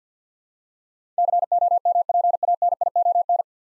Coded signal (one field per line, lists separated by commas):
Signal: Morse code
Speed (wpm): 50 wpm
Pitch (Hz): 700 Hz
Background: none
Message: COMPANION